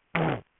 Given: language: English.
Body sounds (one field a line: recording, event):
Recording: throat vibration sensor signal played as sound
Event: throat clearing